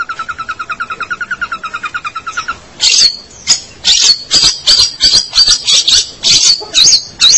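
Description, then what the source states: Long-tailed shrike song: a rapid even run of clipped notes, then loud harsh, scratchy bursts repeated irregularly. Local name pentet; labelled 201703.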